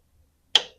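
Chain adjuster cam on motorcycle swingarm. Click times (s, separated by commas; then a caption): 0.6 s. A metal snail-type chain adjuster cam on the opposite side of a DRZ400 dirt bike's swingarm is turned by hand. After a near-silent stretch with only a faint low rumble, one sharp metallic click rings out at 0.6 s and decays quickly. The cam seats into its next detent notch.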